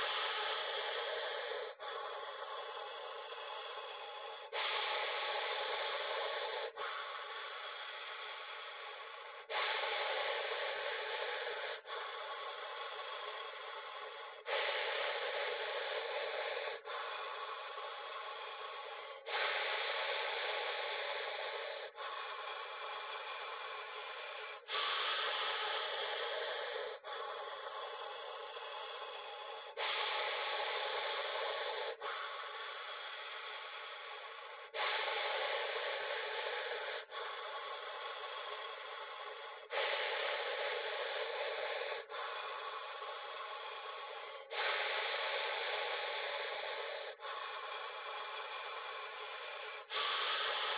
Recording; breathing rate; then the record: paced breathing near a phone; 12 breaths a minute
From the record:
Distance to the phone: 40 cm